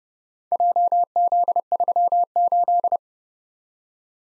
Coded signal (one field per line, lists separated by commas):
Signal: Morse code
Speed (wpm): 30 wpm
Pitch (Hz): 700 Hz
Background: none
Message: JZ38